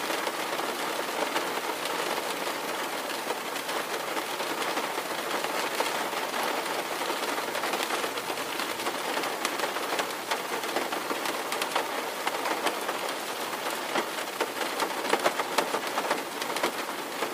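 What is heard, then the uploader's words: Steady, dense rain hisses evenly throughout, bright and close, with scattered sharper drop taps and no low rumble underneath. Sleep Sounds Rain White Noise.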